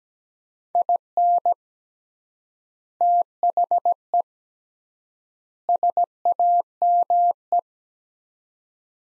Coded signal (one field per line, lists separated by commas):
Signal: Morse code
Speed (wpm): 17 wpm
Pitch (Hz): 700 Hz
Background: none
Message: IN THE SAME